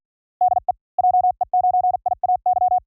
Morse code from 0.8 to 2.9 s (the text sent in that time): JE9IAY